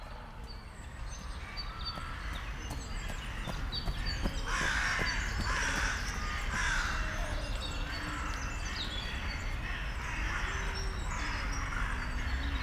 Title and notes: Bois de la Cambre, Bruxelles, Bruxelles-Capitale, Belgique - corvids, woodpeckers planes and joggers. Corbeaux. corneilles, joggers, pic-épeiche, avions